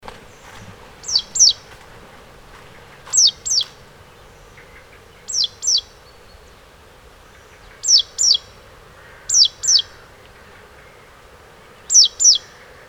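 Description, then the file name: Great tit giving quick pairs of thin, high, downward-sweeping notes, repeated at slightly uneven intervals of roughly two seconds, with faint background hiss. "Parus major"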